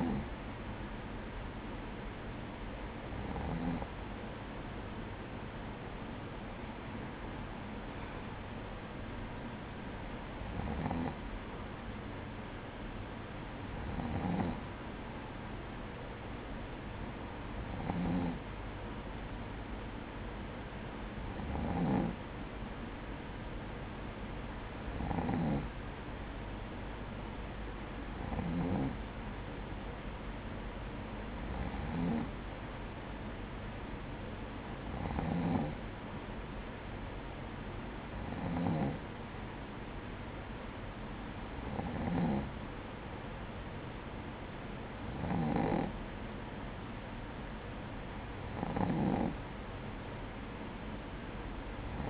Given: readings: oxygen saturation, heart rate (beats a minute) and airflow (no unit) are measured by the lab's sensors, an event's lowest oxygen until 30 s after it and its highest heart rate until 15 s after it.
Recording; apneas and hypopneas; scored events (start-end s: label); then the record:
breathing in sleep by a voice recorder at the bedside; none
none scored
From the record:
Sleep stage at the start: N2 (light sleep); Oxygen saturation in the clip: 95 to 96%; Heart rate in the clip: 55 to 60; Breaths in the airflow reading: 15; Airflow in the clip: -8.2 to 5.2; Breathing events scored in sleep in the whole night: 180 in 6.7 hours asleep